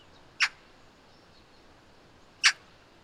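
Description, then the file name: Eurasian magpie giving two single harsh, rasping chack notes about two seconds apart, against a quiet hiss. "Pica pica"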